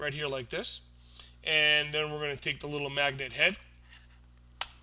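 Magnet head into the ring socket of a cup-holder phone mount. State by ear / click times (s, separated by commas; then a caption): seated / 4.6 s. Someone talks while assembling a cup-holder phone mount, then the small plastic magnet head is popped into its ring socket. A short, sharp click is heard at 4.6 s as the magnet head seats in the ring mount.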